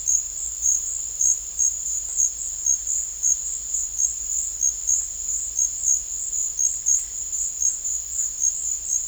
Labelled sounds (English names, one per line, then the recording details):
none
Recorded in dense forest near Puerto Asís, Putumayo, Colombia, on 18 December 2024 at 15:30
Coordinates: 0.484, -76.325
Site G056